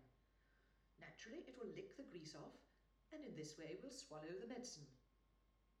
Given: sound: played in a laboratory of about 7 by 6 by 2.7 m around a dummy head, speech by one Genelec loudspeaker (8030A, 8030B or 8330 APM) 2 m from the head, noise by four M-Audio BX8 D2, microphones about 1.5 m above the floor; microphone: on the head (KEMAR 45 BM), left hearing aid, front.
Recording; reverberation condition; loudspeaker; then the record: female speech in English; medium; 60 degrees to the left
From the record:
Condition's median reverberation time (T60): about 510 ms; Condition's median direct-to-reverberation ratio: about -0.5 dB